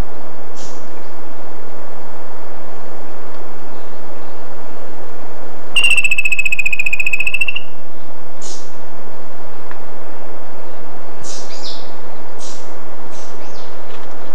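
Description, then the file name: Bird trill, a rapid buzzy run of pulses lasting about two seconds, with scattered short high chirps before and after over a constant hiss. "SABIOD 50 bird 2015"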